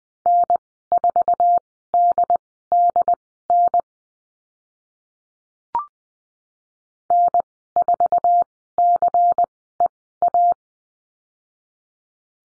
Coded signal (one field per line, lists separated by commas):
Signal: Morse code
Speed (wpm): 20 wpm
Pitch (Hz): 700 Hz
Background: none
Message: N4DDN N4CEA